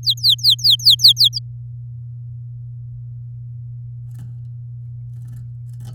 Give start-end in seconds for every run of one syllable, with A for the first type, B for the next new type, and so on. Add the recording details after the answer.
0.03-1.39 A. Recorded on 8 May 2018 at 10:24. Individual llb16